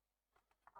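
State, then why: Not seated. A second plastic clip part is handled and pushed toward the LED board mounting of a model ship. Faint soft taps at about 0.4 and 0.5 seconds are followed by louder short knocks at 0.7 and 0.8 seconds. Nothing has seated or clicked into place yet.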